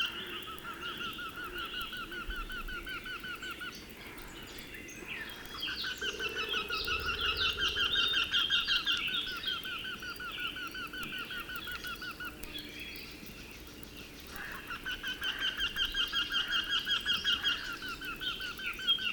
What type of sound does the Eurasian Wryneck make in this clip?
call